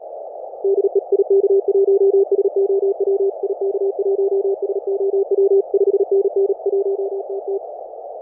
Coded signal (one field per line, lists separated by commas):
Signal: Morse code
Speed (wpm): 36 wpm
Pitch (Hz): 390 Hz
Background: none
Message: DE IK1SOW IK1SOW 5NN 1TT